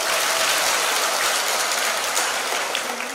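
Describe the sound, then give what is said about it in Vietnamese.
A steady burst of applause from an audience, dense and even clapping sustained for a few seconds at a fairly loud level, fading slightly at the end, with no voices. “Dạ có thì cho rằng pháo tay.”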